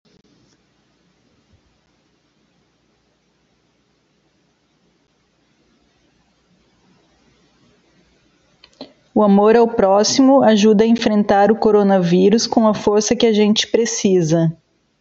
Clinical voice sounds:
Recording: spoken sentence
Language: Brazilian Portuguese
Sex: female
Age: 30 to 39 years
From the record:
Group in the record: control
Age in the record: 37 years

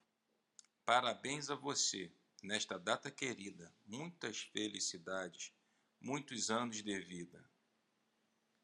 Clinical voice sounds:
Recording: short text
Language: Brazilian Portuguese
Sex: male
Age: 30 to 39 years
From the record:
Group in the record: control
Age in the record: 39 years

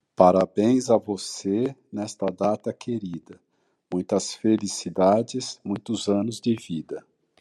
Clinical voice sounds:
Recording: short text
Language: Brazilian Portuguese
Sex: male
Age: 60 to 69 years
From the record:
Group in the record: control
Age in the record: 65 years

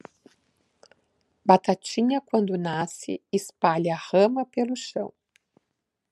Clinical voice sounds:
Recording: short text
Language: Brazilian Portuguese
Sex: female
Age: 50 to 59 years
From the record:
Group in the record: control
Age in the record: 55 years

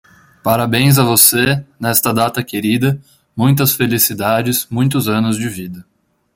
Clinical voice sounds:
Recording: short text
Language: Brazilian Portuguese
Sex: male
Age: 20 to 29 years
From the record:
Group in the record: control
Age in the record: 23 years

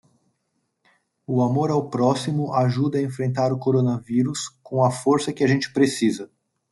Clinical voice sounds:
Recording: spoken sentence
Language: Brazilian Portuguese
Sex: male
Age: 30 to 39 years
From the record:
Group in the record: control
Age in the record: 36 years

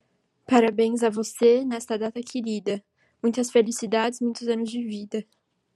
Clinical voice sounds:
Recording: short text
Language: Brazilian Portuguese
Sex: female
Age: 20 to 29 years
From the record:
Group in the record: control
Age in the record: 21 years

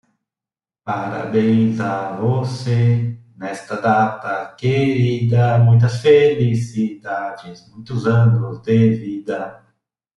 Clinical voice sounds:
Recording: short text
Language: Brazilian Portuguese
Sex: male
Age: 40 to 49 years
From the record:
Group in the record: control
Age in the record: 42 years

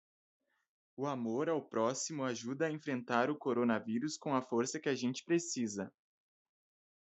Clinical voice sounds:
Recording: spoken sentence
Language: Brazilian Portuguese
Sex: male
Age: 20 to 29 years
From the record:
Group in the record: control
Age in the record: 24 years

